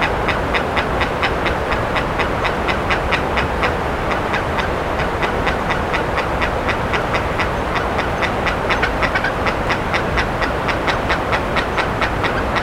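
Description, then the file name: Bird calling steadily with a long series of harsh, clipped notes, a little over two per second, against constant low rumbling. "SABIOD 50 bird 2015"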